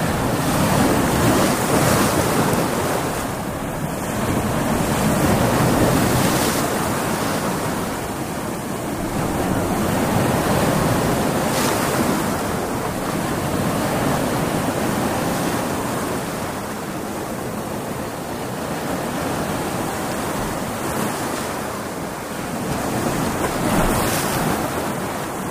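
Big ocean waves break and wash continuously onto a beach, a dense roaring surf with swells rising every few seconds and a steady hiss.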